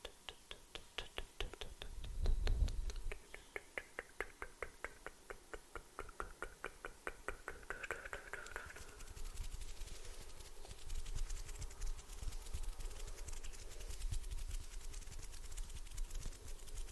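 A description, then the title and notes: Fingers flutter in quick, regular taps and soft swishes of hand movement, forming a dense, rapid patter throughout. A low thump lands near the two-second mark, and after about ten seconds the sound turns into a steadier, brighter rustling hiss with no talking. ASMR HAND SOUNDS NO TALKING, ASMR FINGER FLUTTERING, ASMR NO TALKING, ASMR HAND MOVEMENTS.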